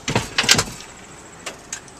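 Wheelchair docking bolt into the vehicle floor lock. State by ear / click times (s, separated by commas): seated / 0.4 s, 0.5 s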